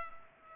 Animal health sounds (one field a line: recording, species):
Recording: mosquito wingbeat signal from an infrared sensor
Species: Culex pipiens